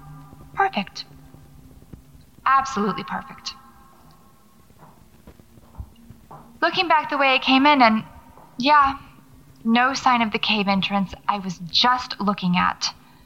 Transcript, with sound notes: Perfect. Absolutely perfect.
[Footsteps]
Looking back the way I came and… yeah. No sign of the cave entrance I was just looking at.